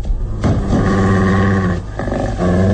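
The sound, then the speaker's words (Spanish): A dog hidden in bushes growls low and menacingly, a loud, continuous rumbling snarl with a couple of brief catches in its breath, and no voices. “Si es un perro, el muy traicionero está escondido ahí esperando su presa.”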